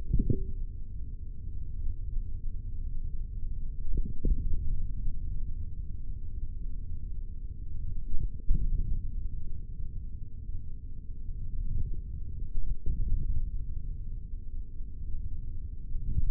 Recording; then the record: forearm muscle sounds (acoustic myography)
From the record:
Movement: index flexion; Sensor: system 3, bracelet of six PUI Audio POM-2738L microphones around the upper forearm, with dedicated amplification and filtering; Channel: 4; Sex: male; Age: 43 years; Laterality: right